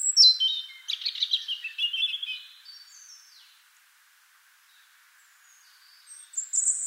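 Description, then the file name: European robin song phrase of sweet, high whistles sliding down into a rapid jangling trill, followed by several seconds of quiet and the start of another high phrase. "Erithacus rubecula"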